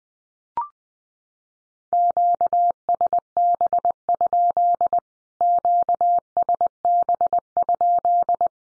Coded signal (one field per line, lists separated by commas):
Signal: Morse code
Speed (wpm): 20 wpm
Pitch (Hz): 700 Hz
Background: none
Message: QSB? QSB?